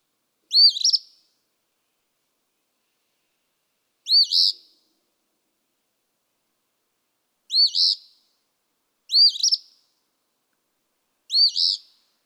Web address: songs Eastern Phoebe